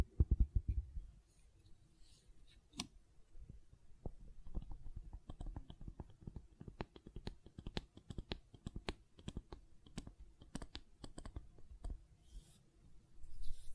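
Gentle silicone sounds made of soft taps, clicks and light scratches, arriving in irregular clusters throughout. The sounds stay low and muted with occasional brighter ticks, louder bumps near the start, around three seconds and again at the very end.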